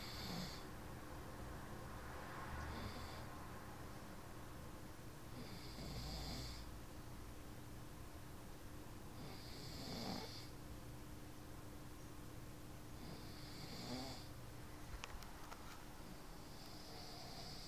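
An adult snoring in sleep, with low, rumbling snores recurring roughly every four seconds.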